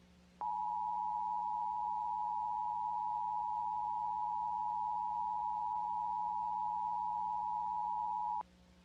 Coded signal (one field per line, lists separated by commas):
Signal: Emergency Alert System (SAME) tones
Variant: 853 and 960 Hz attention tone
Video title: Emergency Alert System Scenario #16: "The Black Mesa Incident"